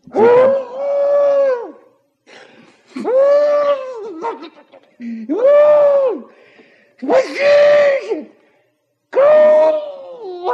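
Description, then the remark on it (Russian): A man wails and screams in terror: five long, drawn-out, high-pitched cries, each loud and sustained, separated by short gasping pauses. “Кричи, леший.”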